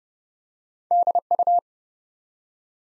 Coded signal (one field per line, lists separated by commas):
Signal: Morse code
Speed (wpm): 30 wpm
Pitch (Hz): 700 Hz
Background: none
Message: DU